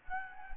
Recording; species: mosquito wingbeat signal from an infrared sensor; Anopheles gambiae